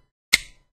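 A metal top cap is pushed back onto the tank body of a rebuildable atomizer, sealing with a single o-ring. One sharp click sounds at 0.3 s, followed by a short, fading ring. The cap clips into place and holds firmly.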